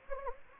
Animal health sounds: mosquito wingbeat signal from an infrared sensor; Anopheles gambiae

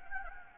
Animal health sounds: mosquito wingbeat signal from an infrared sensor; Anopheles gambiae

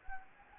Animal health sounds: mosquito wingbeat signal from an infrared sensor; Anopheles gambiae

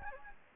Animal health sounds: mosquito wingbeat signal from an infrared sensor; Anopheles gambiae

